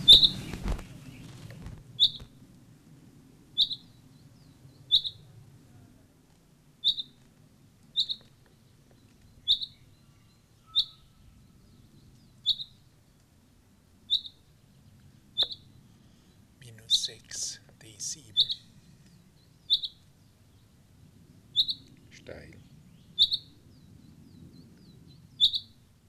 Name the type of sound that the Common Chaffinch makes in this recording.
call